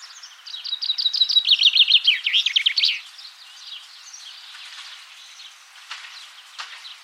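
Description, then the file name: Common chaffinch singing one rapid cascading phrase of repeated notes ending with a flourish, followed by softer chirps. "Fringilla coelebs"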